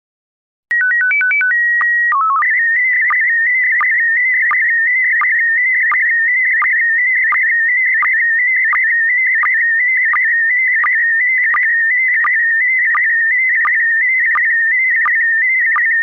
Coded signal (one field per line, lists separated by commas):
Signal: SSTV (slow-scan television)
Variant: PD 90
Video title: Slow Scan Radio, August 22, 2018, Ep. 5